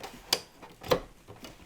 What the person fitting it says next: ciach wskoczyło na miejsce i to koniec